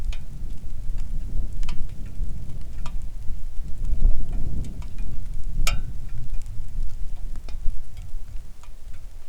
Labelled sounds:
wind
rain
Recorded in the Arctic National Wildlife Refuge, Alaska, on 3 August 2019 at 10:08
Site 41

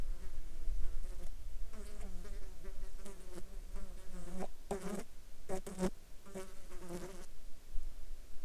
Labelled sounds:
insects
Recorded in the Arctic National Wildlife Refuge, Alaska, on 14 July 2019 at 20:24
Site 35

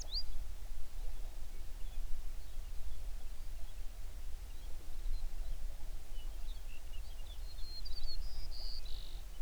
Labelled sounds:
songbird
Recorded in the Prudhoe Bay oil fields, Alaska, on 11 June 2019 at 05:23
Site 21

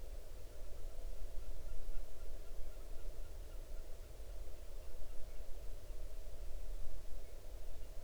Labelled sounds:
waterfowl
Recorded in the Arctic National Wildlife Refuge, Alaska, on 8 June 2019 at 00:30
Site 40

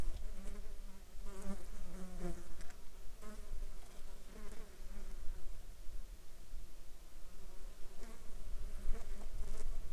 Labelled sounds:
insects
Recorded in the Arctic National Wildlife Refuge, Alaska, on 16 July 2019 at 11:27
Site 35

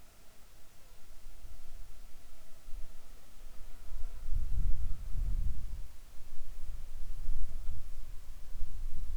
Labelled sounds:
wind
insects
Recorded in the Arctic National Wildlife Refuge, Alaska, on 7 July 2019 at 19:12
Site 41

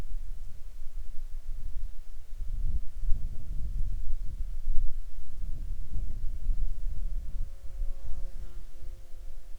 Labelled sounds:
wind
insects
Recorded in Ivvavik National Park, Yukon, on 28 June 2019 at 20:27
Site SINP10

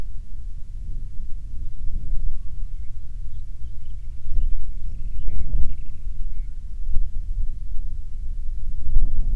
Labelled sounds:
songbird
wind
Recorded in the Prudhoe Bay oil fields, Alaska, on 27 June 2019 at 01:05
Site 22

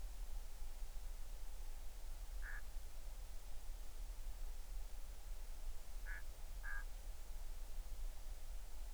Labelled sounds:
waterfowl
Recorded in the Arctic National Wildlife Refuge, Alaska, on 20 July 2019 at 02:50
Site 38

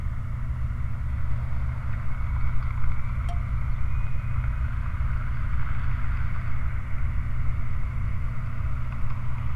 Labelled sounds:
machinery
flare stack
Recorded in the Prudhoe Bay oil fields, Alaska, on 29 July 2019 at 04:40
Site 29

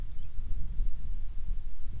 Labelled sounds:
songbird
wind
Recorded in the Prudhoe Bay oil fields, Alaska, on 10 July 2019 at 09:24
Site 11

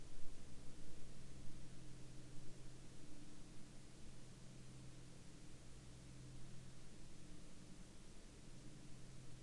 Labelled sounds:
man-made sound
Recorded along the Dempster Highway, Canada, on 24 March 2019 at 15:55
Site 14

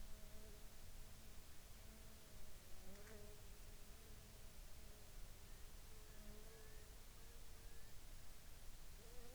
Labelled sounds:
bird
insects
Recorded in the Arctic National Wildlife Refuge, Alaska, on 7 July 2019 at 23:38
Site 49

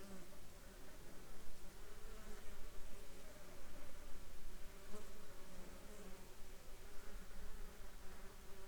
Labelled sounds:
insects
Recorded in the Prudhoe Bay oil fields, Alaska, on 7 July 2021 at 12:40
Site 14

